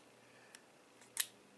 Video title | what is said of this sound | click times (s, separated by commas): Power Rangers Legacy Ninja Megazord Review | you hear this one it's clicking in underneath the jaw | 1.2 s